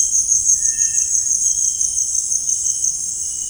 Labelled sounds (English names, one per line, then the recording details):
Cinereous Tinamou
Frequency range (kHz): Cinereous Tinamou 1.1-2.4 kHz
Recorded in dense forest near Puerto Asís, Putumayo, Colombia, on 22 June 2025 at 17:30
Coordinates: 0.481, -76.323
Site G072